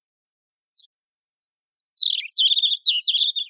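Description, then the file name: European robin song: two brief high notes, a long high whistle, then a falling slur and a series of fast rhythmic trilled notes; nothing else audible. "Erithacus rubecula"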